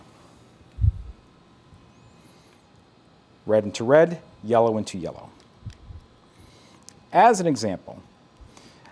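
A keyed rotator control cable connector is offered the wrong way round to the controller box socket, and because it is reversed it will not go in properly. A low thump sounds near 0.9 s while someone talks, with faint ticks around 5.7 s and 6.9 s. Nothing has seated or clicked yet.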